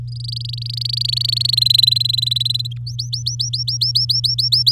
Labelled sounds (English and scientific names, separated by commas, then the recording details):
Domestic Canary (Serinus canaria) song
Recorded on 10 May 2018 at 06:22
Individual llb16